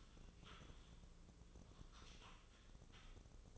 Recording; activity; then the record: daily activity, microphone in the room; typing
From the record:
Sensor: 4